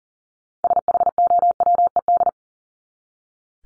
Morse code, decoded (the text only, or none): SHOWED